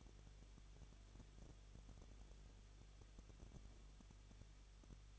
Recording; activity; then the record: daily activity, microphone in the room; no activity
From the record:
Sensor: 4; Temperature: 23.0 degrees Celsius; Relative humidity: 34.3%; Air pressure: 1007.3 hPa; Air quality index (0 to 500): 213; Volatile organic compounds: 14 ppm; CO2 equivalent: 2460 ppm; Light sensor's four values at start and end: 2/3/1/1 and 2/3/1/1